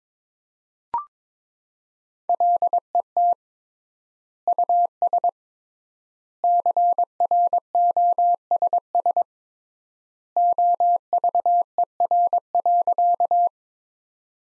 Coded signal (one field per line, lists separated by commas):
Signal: Morse code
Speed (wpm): 22 wpm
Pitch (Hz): 700 Hz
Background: none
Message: LET US CROSS OVER.